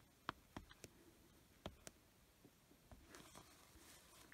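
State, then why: Seated. A plastic backing washer is pushed onto the post of a second safety eye through a crocheted doll head. It ratchets down with a series of small, sharp clicks at 0.3, 0.6, 0.8, 1.7 and 1.9 seconds, followed by quieter rustling. The washer seats on the post.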